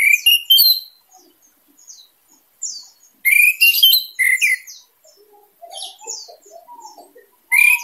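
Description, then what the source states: Orange-headed thrush singing a long, varied medley: loud bursts of high chirps and rising whistles alternate with softer, lower warbling passages and brief pauses. Singing in teler style, described as gacor and dor, actively and loudly singing.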